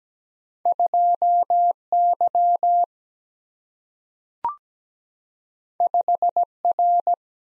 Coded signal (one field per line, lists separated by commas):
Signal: Morse code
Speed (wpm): 17 wpm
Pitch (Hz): 700 Hz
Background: none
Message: 2 Y 5 R